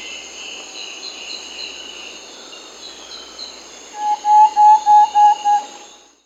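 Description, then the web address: Thrush-like antpitta song, a quick series of about six hollow, even whistled notes in under two seconds, over a steady high chorus of insects. Recorded in Peru, in the Amazon. "Birds of the Amazon 3. Thrush-like Antpitta (Myrmothera campanisona), Peru"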